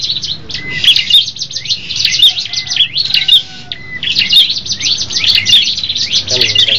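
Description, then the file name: Tailorbird song: dense, overlapping high chirps and sharp trills repeated in bursts, with steady low hum beneath and faint lower notes near the end. Red-headed type, several birds singing together as a group. "prenjak kepala merah ombyokan omkicau"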